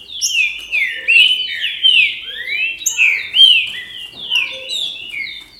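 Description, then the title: Green-winged saltator song: dense, loud whistled phrasing with sweeping rising and falling slurs. "Trinca Ferro"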